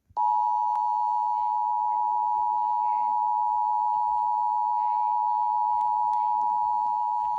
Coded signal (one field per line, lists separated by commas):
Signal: Emergency Alert System (SAME) tones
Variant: 853 and 960 Hz attention tone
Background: speech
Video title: EAS#8 Tornado Warning